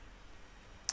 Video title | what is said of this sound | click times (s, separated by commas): Armadillo Headphones Assembly | once this is done just rotate the piece 90 degrees again and it is locked into place | 0.9 s